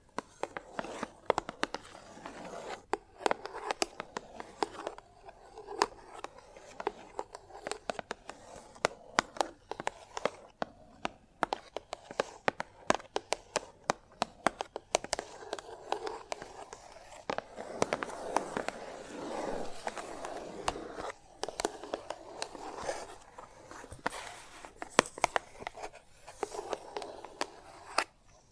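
Chalk tapping and scratching on a hard surface, with sharp, irregular taps clicking throughout the clip. Between them run rough, grainy scrapes in the middle range, growing denser and longer from about 17 to 22 seconds before thinning out again.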